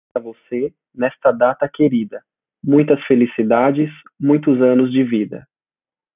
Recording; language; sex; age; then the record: short text; Brazilian Portuguese; male; 20 to 29 years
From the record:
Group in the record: control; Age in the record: 27 years